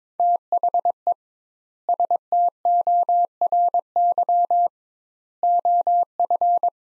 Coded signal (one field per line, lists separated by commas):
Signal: Morse code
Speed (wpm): 22 wpm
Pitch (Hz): 700 Hz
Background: none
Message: THE STORY OF